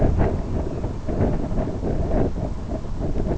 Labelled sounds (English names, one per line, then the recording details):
none
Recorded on Arctic tundra, site IGLO-B, on 27 June 2018
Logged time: 03:59